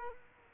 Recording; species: mosquito wingbeat signal from an infrared sensor; Culex quinquefasciatus